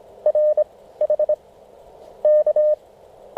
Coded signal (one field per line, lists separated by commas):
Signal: Morse code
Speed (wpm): 25 wpm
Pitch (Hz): 610 Hz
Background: none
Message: RH K